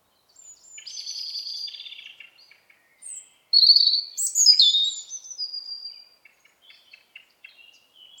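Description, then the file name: European robin singing a soft scratchy phrase, a pause, then loud high whistles and a descending warble, ending in quiet ticking notes. "Erithacus rubecula"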